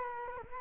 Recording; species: mosquito wingbeat signal from an infrared sensor; Culex quinquefasciatus